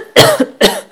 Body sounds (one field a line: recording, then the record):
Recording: coughing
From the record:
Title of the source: Coughing Woman Sound - Woman Cough Sound Effect